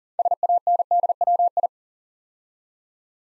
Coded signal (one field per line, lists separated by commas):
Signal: Morse code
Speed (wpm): 39 wpm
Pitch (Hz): 700 Hz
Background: none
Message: SANDWI